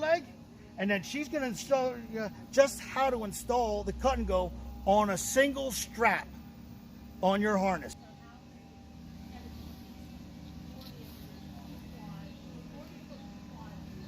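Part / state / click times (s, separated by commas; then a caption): belt cutter clip onto safety harness strap / not seated / none. A plastic seat belt cutter tool is being fitted onto a single strap of a hunting safety harness. Someone talks for the first eight seconds, followed by quieter low handling noise. Nothing has seated or clicked yet.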